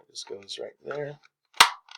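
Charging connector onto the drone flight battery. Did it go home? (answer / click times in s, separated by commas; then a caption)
yes / 1.6 s. A charging connector is lined up and pushed onto a drone flight battery while someone talks. It seats with a sharp, solid click at 1.6 seconds, followed by a faint tick near 2.0 seconds.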